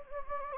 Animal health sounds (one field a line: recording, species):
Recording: mosquito wingbeat signal from an infrared sensor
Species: Anopheles gambiae